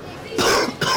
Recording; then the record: coughing mixed with background sound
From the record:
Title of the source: Coughing 60